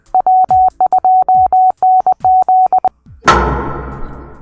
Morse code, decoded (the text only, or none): W2NZ